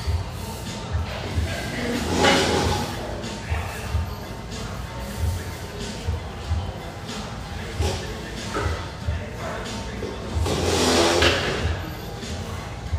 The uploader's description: musical, upbeat vibe of this café with a view, located in a high rise